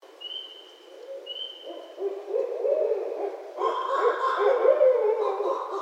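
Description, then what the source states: Barred owl: loud, excited, wavering hoots and cackles building toward the end, preceded by two thin high whistles. Recorded 2012-03-06.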